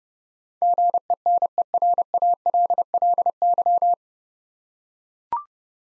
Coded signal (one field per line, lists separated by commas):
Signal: Morse code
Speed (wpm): 31 wpm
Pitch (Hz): 700 Hz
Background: none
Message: GENERALLY